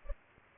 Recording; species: mosquito wingbeat signal from an infrared sensor; Culex pipiens